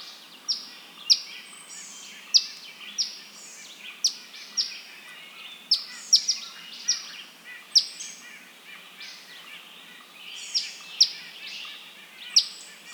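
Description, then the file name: Eastern phoebe giving sharp, high chip notes, repeated irregularly throughout, some spaced in quick pairs. "Eastern Phoebe - Sayornis phoebe"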